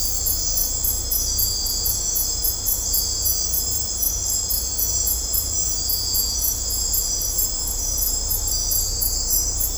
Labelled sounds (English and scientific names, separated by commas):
none